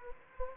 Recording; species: mosquito wingbeat signal from an infrared sensor; Anopheles gambiae